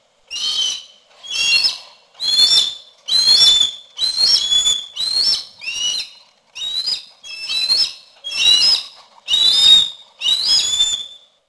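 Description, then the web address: Harris's hawk giving a series of about twelve harsh, grating screams, each short and rasping, repeated steadily at about one per second. "roptorlady Harris Hawks"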